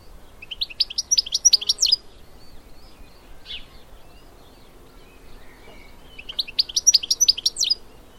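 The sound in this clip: Bird giving two bursts of rapid, high chirps several seconds apart, with a faint note and background hiss between them.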